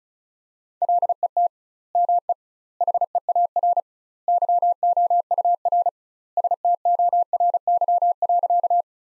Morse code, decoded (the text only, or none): LET ME HEAR YOUR STORY.